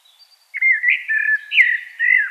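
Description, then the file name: Common blackbird song fragment: brief sweet fluting whistles, rising and falling, in a short continuous phrase. "Turdus merula"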